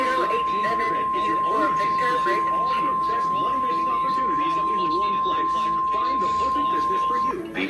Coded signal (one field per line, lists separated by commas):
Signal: Emergency Alert System (SAME) tones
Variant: 1050 Hz attention tone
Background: speech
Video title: Child Abduction Emergency(4-21-2021) EAS #31